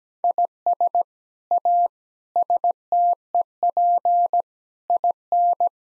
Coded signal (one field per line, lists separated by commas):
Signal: Morse code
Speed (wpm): 17 wpm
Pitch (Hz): 700 Hz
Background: none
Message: IS A STEP IN